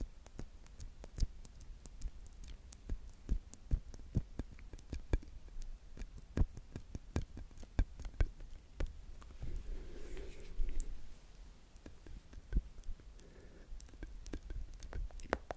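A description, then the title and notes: Wet mouth sounds: sharp clicks and smacks pop out irregularly, several per second, over a low steady hum. Around the ten-second mark the clicks thin briefly under a softer breathy murmur before resuming. ASMR Mouth Sounds.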